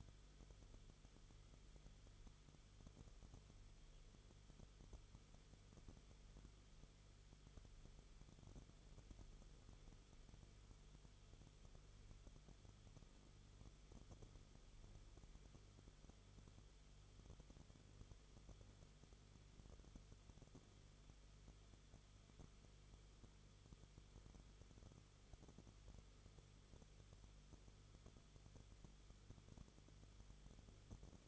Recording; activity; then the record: daily activity, microphone in the room; no activity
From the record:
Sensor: 4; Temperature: 22.9 degrees Celsius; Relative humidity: 34.5%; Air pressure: 1011.5 hPa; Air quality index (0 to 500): 193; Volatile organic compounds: 13 ppm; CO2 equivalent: 2390 ppm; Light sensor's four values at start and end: 2/3/1/1 and 2/3/1/1